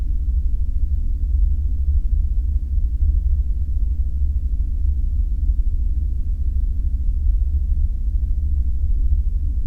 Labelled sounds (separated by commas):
flare stack